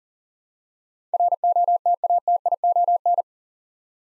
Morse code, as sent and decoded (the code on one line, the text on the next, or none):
.-. --- - .- - .. --- -.
ROTATION